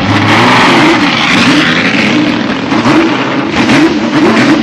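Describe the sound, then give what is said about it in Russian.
A racing car's engine is started and roars loudly and steadily as the car pulls out onto a race track and turns left. Its pitch climbs and dips in repeated surges as it revs and picks up speed. No voices can be heard. “Жан-Луи включает двигатель и обменивается несколькими словами со своим напарником. Машина выезжает на трассу, поворачивает влево и набирает ход”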